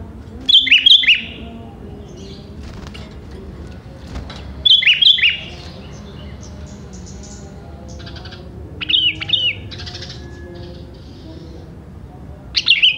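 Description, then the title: Sooty-headed bulbul giving four bubbly chirping phrases about four seconds apart, over a low background rumble. "Kutilang"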